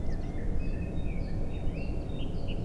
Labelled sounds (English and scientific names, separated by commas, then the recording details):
Great Tit (Parus major)
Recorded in Germany
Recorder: ecoPi